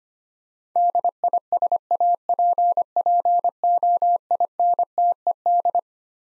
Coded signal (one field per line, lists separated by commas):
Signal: Morse code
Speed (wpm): 25 wpm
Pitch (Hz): 700 Hz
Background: none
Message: DISAPPOINTED